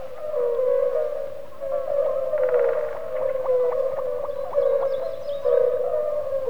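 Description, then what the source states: European fire-bellied toads in a dense chorus of mellow, moaning hoots, steady throughout, with a burst of rapid pulsed notes and faint high calls mixed in. Calling without pause in pools left after the spring river flood, beside a river island, central Russia.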